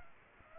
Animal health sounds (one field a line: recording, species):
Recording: mosquito wingbeat signal from an infrared sensor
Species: Aedes aegypti